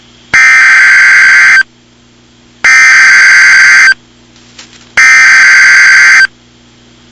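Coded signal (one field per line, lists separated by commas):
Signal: Emergency Alert System (SAME) tones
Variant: header bursts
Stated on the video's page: Fictional mock EAS scenario about mutated rats.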